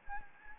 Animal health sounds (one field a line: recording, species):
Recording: mosquito wingbeat signal from an infrared sensor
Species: Anopheles gambiae